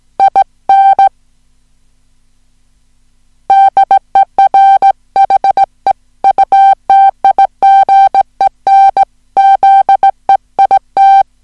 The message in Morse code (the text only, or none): IN DER HEUTIGEN ZEIT